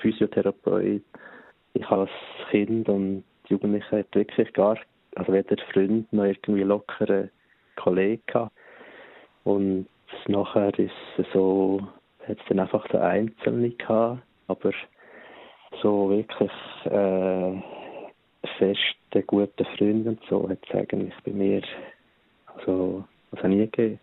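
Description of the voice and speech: An adult man speaks German in a radio interview and stutters, with prolonged sounds, hesitations and long pauses between phrases.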